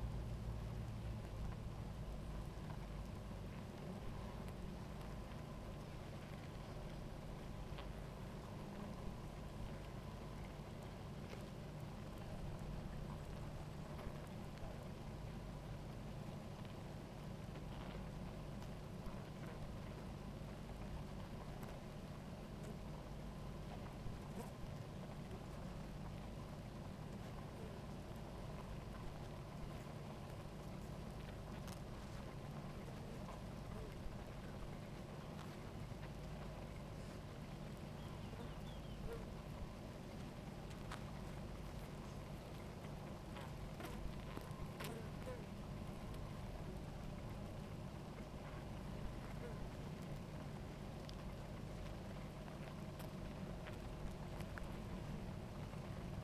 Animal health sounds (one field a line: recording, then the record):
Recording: honeybee colony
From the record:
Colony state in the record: active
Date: 28 July 2017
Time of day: 17:34